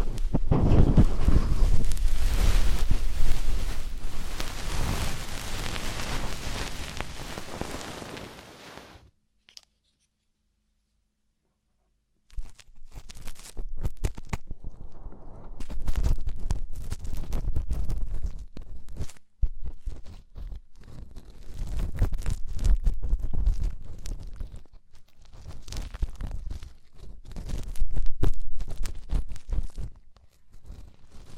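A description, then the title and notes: Deep ear cleaning: a loud stretch of dense, crackling rubbing and scraping fills the first nine seconds, then cuts to silence for about three seconds. After that come softer, choppier scratches and rustling bursts that swell and fade irregularly, with brief gaps around nineteen and twenty-five seconds. ASMR INTENSE Deep Ear Cleaning (No Talking).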